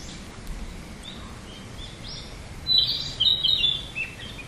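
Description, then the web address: Narcissus flycatcher song: faint scattered whistles at first, then a louder, quick phrase of clear warbled and slurred notes near the end, over a steady low hiss. "udragon kibitaki"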